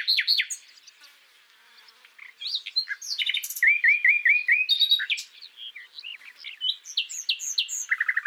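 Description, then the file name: Common nightingale singing varied phrases, with a short pause, then a series of clear repeated whistled notes and quick chirping trills. "Luscinia megarhynchos"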